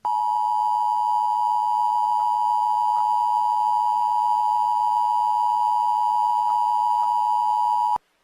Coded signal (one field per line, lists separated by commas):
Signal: Emergency Alert System (SAME) tones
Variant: 853 and 960 Hz attention tone